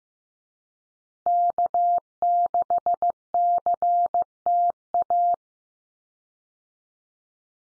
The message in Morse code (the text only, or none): K6CTA